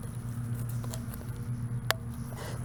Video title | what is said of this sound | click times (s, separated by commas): 💦 INSTALLING AN AUTOMATIC IRRIGATION SYSTEM FOR CONTAINER VEGETABLES OR FLOWERS 🌱 STEP BY STEP 💦 | can usually hear it snap in and that will get | 1.9 s